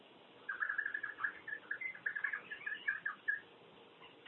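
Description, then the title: Common hill myna giving a run of short whistled notes, quick and slightly uneven, for about three seconds before falling quiet. "burung beo"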